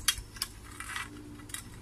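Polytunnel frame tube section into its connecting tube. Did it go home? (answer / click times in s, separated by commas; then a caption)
no / none. A metal polytunnel frame tube section is handled against its connecting tube as the sections are pushed together. Short, sharp metallic clinks sound at about 0.1, 0.4 and 1.5 seconds over a low, steady background. Nothing has seated or clicked into place yet.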